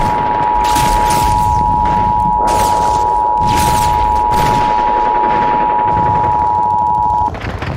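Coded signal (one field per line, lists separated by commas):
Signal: Emergency Alert System (SAME) tones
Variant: 853 and 960 Hz attention tone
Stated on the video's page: Fictional mock EAS scenario using valid EAS tones.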